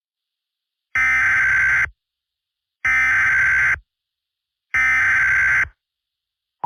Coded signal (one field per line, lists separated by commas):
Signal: Emergency Alert System (SAME) tones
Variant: header bursts